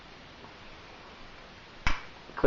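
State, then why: Seated. During transformation of a plastic Transformer figure, a Mastermind Creations R13 Spartan (aka Impactor), the head is pulled out and pushed down into the chest section. After quiet handling noise, a sharp click at 1.9 s seats the head in place. Two softer taps follow near the end.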